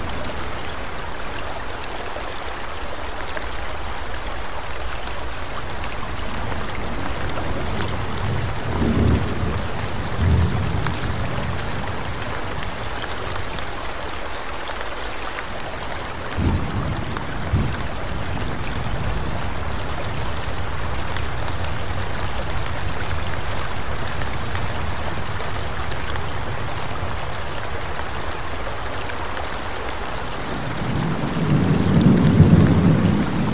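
Rain falls steadily in a forest, a dense, even hiss that holds across the whole stretch. Low rumbles of thunder swell briefly around nine and sixteen seconds, and a deeper roll builds at about thirty-one seconds to close the clip.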